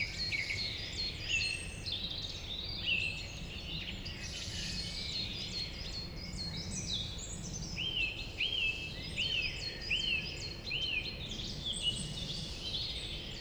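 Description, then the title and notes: Song Thrush singing: a clear whistled note repeated four times in a row near the end, amid many overlapping songs of other birds. Recorded on the Route Forestière de la Meunaz in the Montcel state forest, Montcel, Savoie, France; a large forest frequented by thrushes and many other birds. "Rte Forestière de la Meunaz, 73100 Montcel, France - Grive musicienne. Forêt domaniale du Montcel, vaste espace forestier , fréquenté par les grives et de nombreux oiseaux. La cloche du Montcel"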